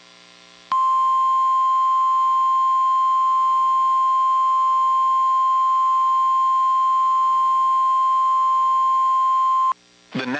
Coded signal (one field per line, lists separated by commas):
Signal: Emergency Alert System (SAME) tones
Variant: 1050 Hz attention tone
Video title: Tornado Watch #3 For Middle Tennessee And Kentucky [EAS #535] 1/1/22